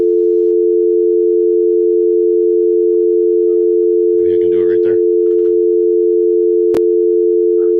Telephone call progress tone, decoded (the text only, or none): dial tone